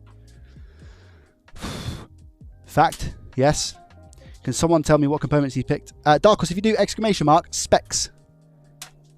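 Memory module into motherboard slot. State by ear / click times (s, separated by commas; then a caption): partly seated / 8.8 s. Someone talks while pressing a memory module, probably a RAM stick, into its motherboard slot. One side's latch gives a sharp click at 8.8 s. The module is only partly seated, with just the first of two latch clicks heard.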